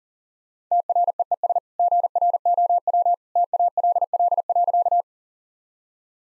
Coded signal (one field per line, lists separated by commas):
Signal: Morse code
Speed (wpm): 40 wpm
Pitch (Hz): 700 Hz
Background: none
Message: TREES GROW TALL.